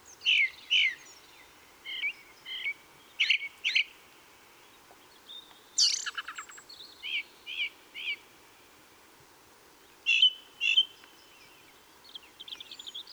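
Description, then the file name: Ring ouzel giving short, clear high notes in pairs and triplets, with a burst of harsh chatter midway and thin twittering near the end, quiet background. Recorded on the Wank near Garmisch, 26 April 2014. "Ringdrossel. Wank. Michle Pron"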